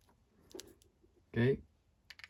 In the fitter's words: press it all the way down until you hear the click.